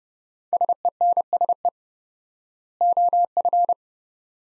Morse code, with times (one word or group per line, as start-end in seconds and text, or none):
0.5-1.7 SENSE
2.8-3.7 OF